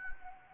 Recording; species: mosquito wingbeat signal from an infrared sensor; Anopheles gambiae